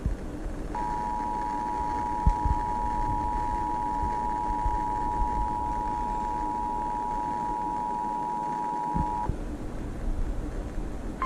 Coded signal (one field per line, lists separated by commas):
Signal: Emergency Alert System (SAME) tones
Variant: 853 and 960 Hz attention tone